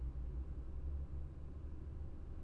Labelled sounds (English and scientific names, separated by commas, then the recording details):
none
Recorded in Germany
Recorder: ecoPi